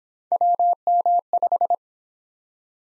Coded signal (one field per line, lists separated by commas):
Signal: Morse code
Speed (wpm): 24 wpm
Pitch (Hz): 700 Hz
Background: none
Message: WM5